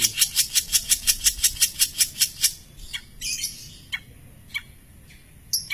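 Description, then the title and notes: Long-tailed shrike giving a fast run of sharp, evenly spaced rasping notes, then a few scattered harsh chirps after a pause. Champion (juara) long-tailed shrike, song. "Kicau Burung Cendet Juara. Audio Kicauan Burung Cendet Juara Terlengkap"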